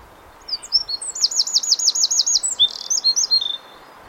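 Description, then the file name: Eurasian wren song, high and energetic, with a quick rattling trill in the middle framed by short sharp chirps over a quiet background. "Troglodytes troglodytes"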